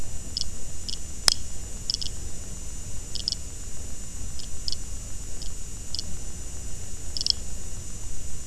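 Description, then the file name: Risso's dolphin clicks, slowed, form sparse irregular pulses with one sharp loud snap early on, set against constant hiss and low rumble. Slowed down eight times. "DAUPHIN RISSO ralenti 8 fois"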